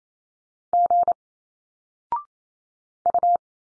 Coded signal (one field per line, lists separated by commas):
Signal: Morse code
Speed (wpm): 28 wpm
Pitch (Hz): 700 Hz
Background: none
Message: G U